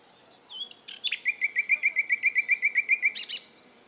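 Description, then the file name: Common nightingale song: a short whistle, then a long, even series of many identical rapid notes, ending in a harsh burst. "Luscinia megarhynchos"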